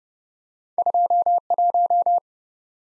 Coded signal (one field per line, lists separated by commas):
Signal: Morse code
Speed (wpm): 30 wpm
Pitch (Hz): 700 Hz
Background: none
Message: 21